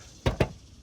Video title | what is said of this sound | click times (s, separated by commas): Everything wrong with my impound auction E93 328i. Help! I can’t figure it out! | um cable isn't there so that might be different could be a vert thing could be LCI thing so you heard it pop | 0.3 s, 0.4 s